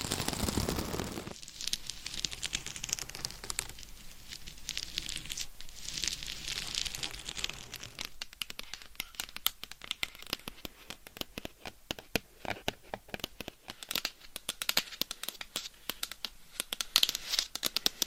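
Dense scratching with crinkly, papery texture, shifting from a steady rough rush early on to rapid, irregular tapping clicks after about eight seconds.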